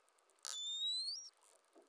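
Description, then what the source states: Pilot whale whistle: a clean tonal sweep rising gradually in pitch over about three quarters of a second, with a brief click burst at its start. Pilot whales, call type 24.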